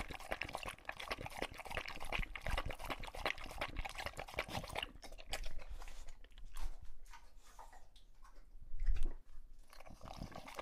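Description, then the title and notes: English Bulldog drinking: dense, continuous lapping and slurping of water, thinning out toward the end with a few louder splashes. Male English Bulldog named Lucho drinking from a water bowl after a long walk, breathing heavily between drinks because he is out of breath. "English Bulldog Drinks from Water Bowl - Weird Sounds. listen to Lucho the English Bulldog as he tries to drink water after a long walk. Don't let his heavy breathing fool you in between drinks, he's equally out of breath from the walk"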